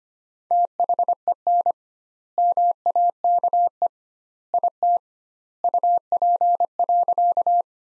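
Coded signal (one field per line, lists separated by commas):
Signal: Morse code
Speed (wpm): 25 wpm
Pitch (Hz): 700 Hz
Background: none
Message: THEN MAKE IT UP.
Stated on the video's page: Morse practice sentences from the top 100 words at 25 wpm with 2x standard word spacing, a Farnsworth-like method applied to words.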